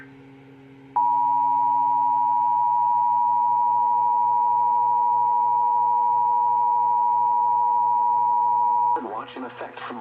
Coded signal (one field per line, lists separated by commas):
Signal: Emergency Alert System (SAME) tones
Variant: 853 and 960 Hz attention tone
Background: speech